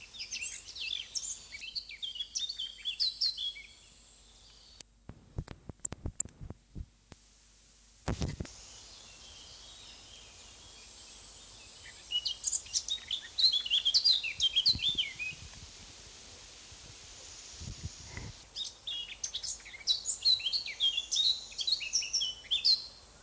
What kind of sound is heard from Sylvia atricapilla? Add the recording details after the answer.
song. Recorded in the wild. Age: adult. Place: Oehrenstock/Langewiesen, Thüringer Wald, Thüringen, DE. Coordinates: 50.6603, 10.9428. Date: 2003-05-25 12:32. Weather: overcast, intermittent rain, 12 - 15°C. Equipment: Fair Mate ST-1328 (Asahi Electronics, Japan), Sennheiser ME 80, Kopie Uher 4000 Report Monitor. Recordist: Tembrock, Günter. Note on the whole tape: Gesang